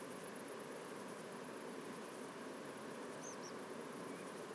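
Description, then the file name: Tree pipit call: a quick pair of thin, high, buzzy arched notes near the end, heard over constant hissing background noise. Tree pipits at Portland, 16 August 2021. "Tree-Pipits-Portland-210816"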